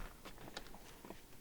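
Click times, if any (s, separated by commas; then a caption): 0.6 s. A front seat backrest in a 1995 Rover Mini (Canada import) is pushed back upright so its latch knocks into the seat frame with a sharp click at 0.6 s, followed by softer knocks and rattles near 1.1 s and 1.4 s. The latch is not fully engaged.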